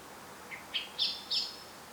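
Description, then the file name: Eurasian blackbird call: a quick series of four sharp notes that swell in strength, the last two loudest, against light background hiss. "Turdus merula"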